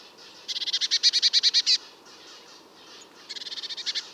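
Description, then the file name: Eurasian blue tit calling: dry, rapid buzzy series of about twelve rasping notes, then a shorter burst of similar notes near the end. "Cyanistes caeruleus"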